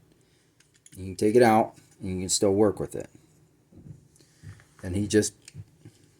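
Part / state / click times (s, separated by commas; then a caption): pilot miniature into model cockpit via magnets / seated / 5.5 s. A removable pilot miniature is put back into the cockpit of a plastic Imperial Knight model, where magnets hold it in place. Someone talks, a few small clicks and taps follow, and then the magnets snap the pilot in with a sharp click at 5.5 s, seating it firmly.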